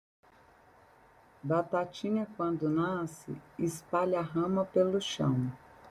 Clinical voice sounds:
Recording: short text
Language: Brazilian Portuguese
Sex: female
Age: 30 to 39 years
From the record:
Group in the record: control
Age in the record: 35 years

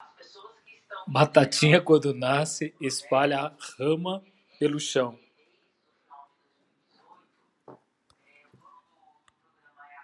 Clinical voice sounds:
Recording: short text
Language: Brazilian Portuguese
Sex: male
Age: 50 to 59 years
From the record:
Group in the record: control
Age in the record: 52 years

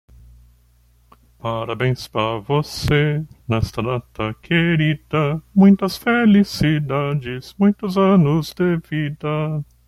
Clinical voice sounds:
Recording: short text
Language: Brazilian Portuguese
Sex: male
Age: 40 to 49 years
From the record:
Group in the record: control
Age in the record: 40 years

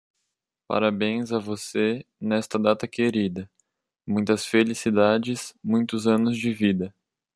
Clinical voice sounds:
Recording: short text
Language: Brazilian Portuguese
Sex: male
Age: 20 to 29 years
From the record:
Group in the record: control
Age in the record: 21 years

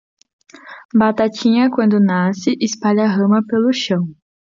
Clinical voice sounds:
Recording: short text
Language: Brazilian Portuguese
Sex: female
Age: 20 to 29 years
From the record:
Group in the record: control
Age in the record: 20 years

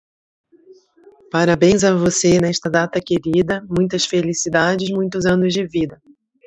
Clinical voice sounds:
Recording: short text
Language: Brazilian Portuguese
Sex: female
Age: 40 to 49 years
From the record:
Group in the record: control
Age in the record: 41 years

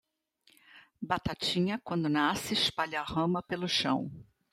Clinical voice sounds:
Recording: short text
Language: Brazilian Portuguese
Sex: female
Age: 60 to 69 years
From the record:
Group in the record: control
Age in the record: 68 years

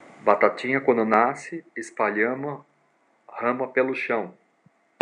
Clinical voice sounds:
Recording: short text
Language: Brazilian Portuguese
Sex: male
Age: 50 to 59 years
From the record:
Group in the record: control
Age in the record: 54 years

